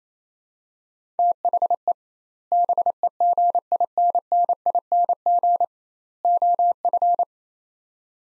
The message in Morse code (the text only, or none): THE BEGINNING OF